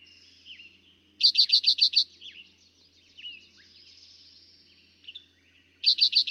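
Eastern Towhee song: a strong, quick-note trill early on and another at the end, with soft chirps and a faint low hum between them.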